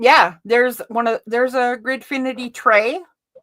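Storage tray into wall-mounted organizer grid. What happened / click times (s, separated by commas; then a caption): The tray is being handled but has not snapped into place yet / none. A plastic Gridfinity tray is handled at a wall-mounted pegboard-style organizer grid while someone talks throughout. Only a faint, brief sound comes near 3.4 s. Nothing has seated or clicked yet.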